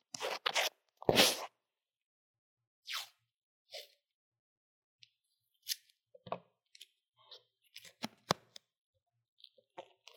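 Drawing and makeup sounds through an earphone mic: scattered scratchy strokes and short rustles, a loud swipe near the start, then soft ticks and taps.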